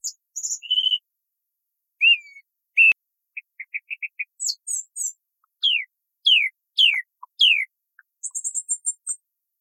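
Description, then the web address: Song thrush singing varied phrases: short whistles and a quick trill, then a steep descending note repeated four times, then a high squeaky rattle. Recorded in 2018. "Tordo bottaccio"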